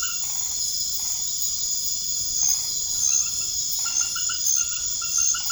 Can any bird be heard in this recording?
no